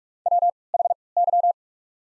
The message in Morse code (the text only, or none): W H Y